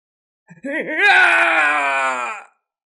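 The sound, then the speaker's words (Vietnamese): A single anguished scream from far away rises with a wavering pitch, then holds a loud, strained, steady cry for about two seconds before cutting off, with no other voices around it. “Xa xa truyền đến tiếng kêu gào thảm thiết,”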